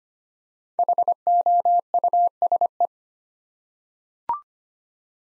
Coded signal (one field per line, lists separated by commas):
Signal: Morse code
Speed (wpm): 25 wpm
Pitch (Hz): 700 Hz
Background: none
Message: HOUSE